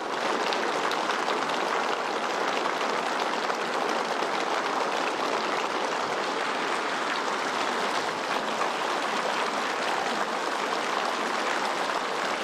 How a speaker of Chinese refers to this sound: 下午3:30，习近平等来到人民大会堂北大厅，全场响起热烈掌声。